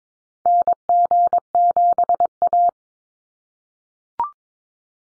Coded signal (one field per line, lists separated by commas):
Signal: Morse code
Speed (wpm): 22 wpm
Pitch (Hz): 700 Hz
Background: none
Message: NG7A